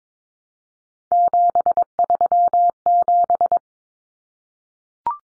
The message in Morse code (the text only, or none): 737